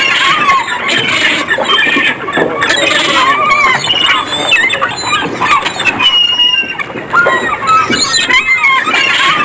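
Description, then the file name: Gulls calling in a dense chorus, overlapping squealing cries and short yelps rising and falling throughout, with constant background noise. "Seagulls"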